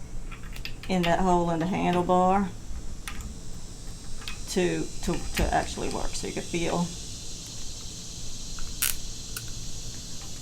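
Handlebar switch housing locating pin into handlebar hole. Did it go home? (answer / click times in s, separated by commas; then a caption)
yes / 8.9 s. Someone talks while the right-hand switch housing on a Honda CB350 motorcycle handlebar is fitted so its locating pin drops into the hole drilled in the metal handlebar. A sharp click at 8.9 s marks the pin snapping into place, seating the housing where it needs to be.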